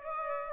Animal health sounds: mosquito wingbeat signal from an infrared sensor; Aedes aegypti

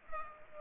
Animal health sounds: mosquito wingbeat signal from an infrared sensor; Culex pipiens

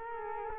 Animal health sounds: mosquito wingbeat signal from an infrared sensor; Culex quinquefasciatus

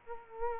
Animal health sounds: mosquito wingbeat signal from an infrared sensor; Culex quinquefasciatus

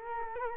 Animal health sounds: mosquito wingbeat signal from an infrared sensor; Culex quinquefasciatus

